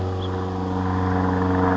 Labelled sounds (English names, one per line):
House Finch